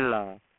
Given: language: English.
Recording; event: throat vibration sensor signal played as sound; speech